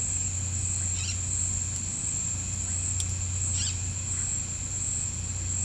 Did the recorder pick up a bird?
yes